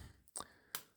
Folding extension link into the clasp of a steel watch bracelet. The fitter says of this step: and it clicks into place and now the the watch is a little bit smaller